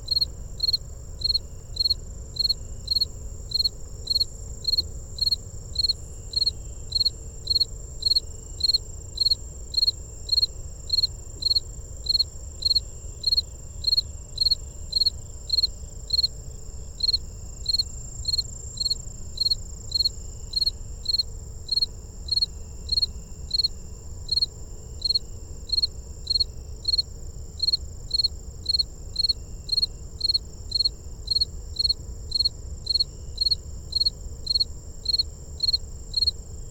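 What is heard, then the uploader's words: A fall field cricket chirps in a steady, regular rhythm, short bright pulses repeating about twice a second for the whole stretch. Beneath it runs a faint, continuous high insect hum and a low rumble of background noise. Fall Field Cricket (one of the Gryllus species) recorded near Visitor Center of Patuxent Research Refuge. Temperature about 82 degrees. Fostex FR-2, Sennheiser ME62, Telinga Parabola. Edited in Audacity: fade in/out.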